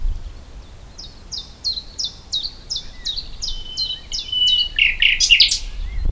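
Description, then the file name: Common nightingale repeating a fast series of quiet falling notes, ending in a louder jumble of varied chirps and whistles. "Luscinia megarhynchos"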